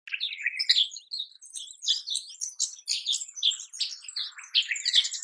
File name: rosy starling sound